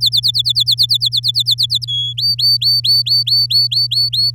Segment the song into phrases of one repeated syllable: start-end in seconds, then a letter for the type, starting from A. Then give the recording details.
0.01-1.85 A, 1.87-2.13 B, 2.17-4.30 C. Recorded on 10 May 2018 at 15:03. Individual llb16